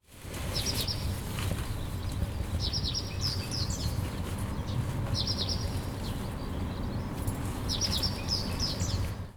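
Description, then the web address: White wagtail song: short bright twittering chirp phrases, high-pitched, repeated several times over steady low background noise. "bird song hakusekirei"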